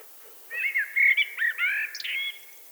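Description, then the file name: Eurasian blackbird delivering a single melodious fluted phrase of looping whistles that climbs into a brief high squeaky finish. "Turdus merula"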